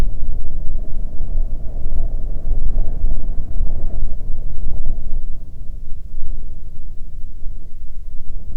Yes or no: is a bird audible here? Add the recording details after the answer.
no. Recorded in the Prudhoe Bay oil fields, Alaska, on 15 May 2019 at 00:30. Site 24